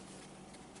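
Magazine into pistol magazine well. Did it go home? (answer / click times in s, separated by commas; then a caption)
no / none. An empty magazine is being inserted into the magazine well of a Glock 22 pistol mounted in a CAA Micro Conversion Kit chassis. Only a steady broadband noise with a low hum is heard, with no sharp transients. Nothing has seated or clicked yet.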